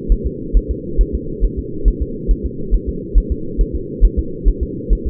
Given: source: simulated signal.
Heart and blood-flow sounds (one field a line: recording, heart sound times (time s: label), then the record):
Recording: fetal heart sounds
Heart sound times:
0.12 s: S1
0.27 s: S2
0.57 s: S1
0.71 s: S2
1.01 s: S1
1.15 s: S2
1.45 s: S1
1.59 s: S2
1.88 s: S1
2.02 s: S2
2.31 s: S1
2.46 s: S2
2.75 s: S1
2.89 s: S2
3.18 s: S1
3.32 s: S2
3.61 s: S1
3.75 s: S2
4.05 s: S1
4.19 s: S2
4.48 s: S1
4.63 s: S2
4.93 s: S1
5.07 s: S2
From the record:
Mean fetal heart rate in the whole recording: 135 bpm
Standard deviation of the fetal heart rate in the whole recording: 3 bpm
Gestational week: 36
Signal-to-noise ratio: -4.3 dB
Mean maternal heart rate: 72 bpm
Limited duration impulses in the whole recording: absent